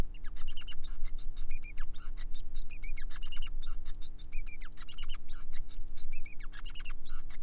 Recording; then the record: song of a male Bengalese finch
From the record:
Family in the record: son of father 5